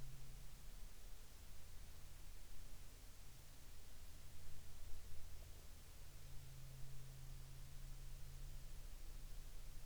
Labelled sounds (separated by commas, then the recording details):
aircraft
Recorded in the Arctic National Wildlife Refuge, Alaska, on 6 August 2019 at 14:12
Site 39